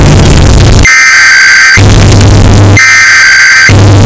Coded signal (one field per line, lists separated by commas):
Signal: Emergency Alert System (SAME) tones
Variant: header bursts